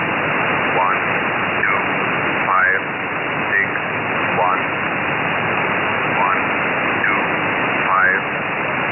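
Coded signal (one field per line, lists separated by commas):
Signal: numbers station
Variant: E06, English male voice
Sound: faint voice reading short words at an even pace, buried in loud hiss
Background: radio static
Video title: E06 English Man 06/05/2023 1330 UTC 11128kHz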